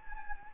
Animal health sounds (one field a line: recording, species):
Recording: mosquito wingbeat signal from an infrared sensor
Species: Anopheles gambiae